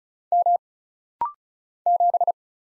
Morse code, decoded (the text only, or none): M 7